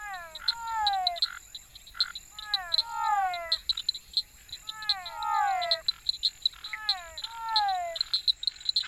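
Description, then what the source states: Frog calls: repeated bursts of several overlapping downward-sliding notes over a constant high trill. Frogs and insects.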